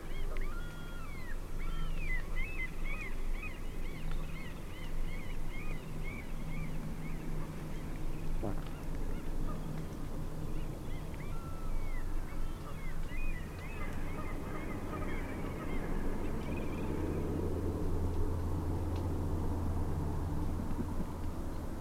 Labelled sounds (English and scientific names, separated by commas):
Canada Goose (Branta canadensis) call